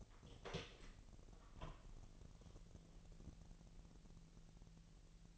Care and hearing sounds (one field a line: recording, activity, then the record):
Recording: daily activity, microphone in the room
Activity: open door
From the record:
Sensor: 4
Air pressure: 1002.1 hPa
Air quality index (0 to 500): 247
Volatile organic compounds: 41 ppm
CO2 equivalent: 3159 ppm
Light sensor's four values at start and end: 10/22/8/8 and 9/21/8/7